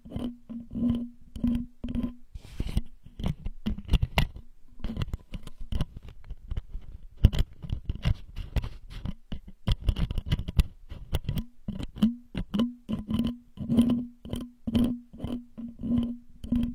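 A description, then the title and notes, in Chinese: Bottle caps are tapped, clicked and scraped in quick irregular bursts, with short ringing knocks recurring through the clip and scratchy rustles between. 多种瓶盖触发音。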